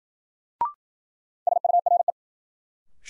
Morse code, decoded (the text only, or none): SURE